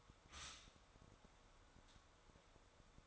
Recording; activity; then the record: daily activity, microphone in the room; stop toaster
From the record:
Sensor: 3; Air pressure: 1014.7 hPa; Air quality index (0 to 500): 194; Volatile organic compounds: 23 ppm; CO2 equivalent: 2770 ppm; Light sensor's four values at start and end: 4/11/4/4 and 4/11/4/4